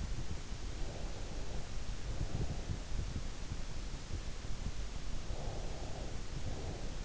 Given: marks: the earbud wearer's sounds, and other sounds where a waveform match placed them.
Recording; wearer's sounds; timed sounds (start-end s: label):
sounds in sleep by an in-ear microphone; breath
0.75-2.83 s: breath
5.23-7.05 s: breath